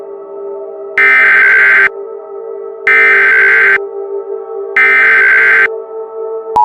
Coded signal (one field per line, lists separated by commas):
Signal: Emergency Alert System (SAME) tones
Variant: header bursts